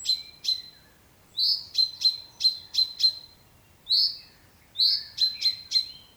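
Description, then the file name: Common chaffinch uttering clear metallic call notes in small clusters, some introduced by a rougher, drawn-out note, separated by short gaps. "Fringilla coelebs"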